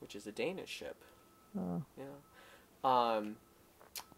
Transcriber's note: the beeping sound of a construction vehicle backing up can be heard in the background